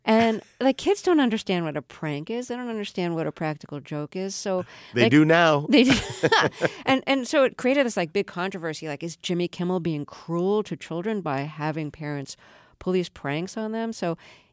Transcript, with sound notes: And the kids don't understand what a prank is. They don't understand what a practical joke is.
They do now.
They do...
(LAUGHTER)
And so it created this, like, big controversy. Like is Jimmy Kimmel being cruel to children by having parents pull these pranks on them?